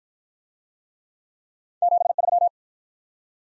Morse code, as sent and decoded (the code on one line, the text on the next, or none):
--... ...--
73